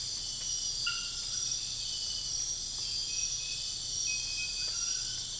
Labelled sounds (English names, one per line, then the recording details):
none
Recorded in dense forest near Puerto Asís, Putumayo, Colombia, on 13 March 2025 at 03:00
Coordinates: 0.484, -76.325
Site G045